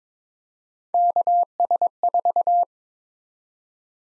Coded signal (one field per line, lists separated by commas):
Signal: Morse code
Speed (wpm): 22 wpm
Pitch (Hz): 700 Hz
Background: none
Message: KS4